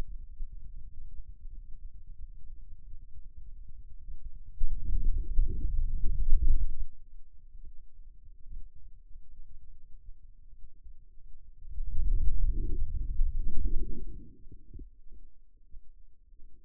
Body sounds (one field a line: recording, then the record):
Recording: forearm muscle sounds (acoustic myography)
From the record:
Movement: wrist flexion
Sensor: system 2, bracelet of six BSWA MPA416 microphones around the upper forearm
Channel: 6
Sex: male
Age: 22 years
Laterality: right